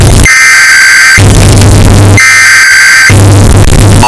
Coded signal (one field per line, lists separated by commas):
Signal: Emergency Alert System (SAME) tones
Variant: header bursts